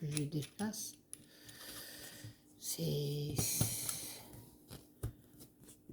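An inner embroidery hoop ring is being pressed into its plastic stand frame over fabric, with handling noises and a few short taps and knocks while someone talks. Nothing has seated or clicked into place yet.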